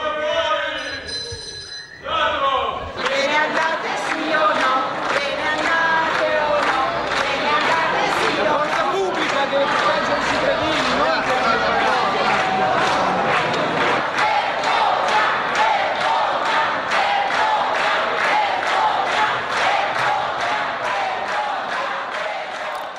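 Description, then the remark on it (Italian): A large crowd shouts and chants in protest against a city council over a scandal, in June: a dense, continuous roar of many voices with rhythmic bursts of yelling that stays loud throughout. “Le facciamo sentire, lei le riconoscerà, le grida di protesta in quei mesi caldi di giugno anche contro di lei e contro la giunta per questo scandalo.”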